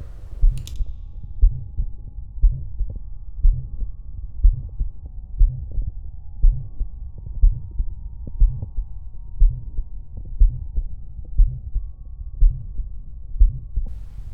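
Still's murmur, an innocent murmur, heard at the apex, its typical site, in a woman just under 60: a loud, low-pitched humming murmur with regular heartbeats at about 61 per minute. Echocardiography was normal apart from relatively high-velocity flow in the left ventricular outflow tract, gradient 14 mm.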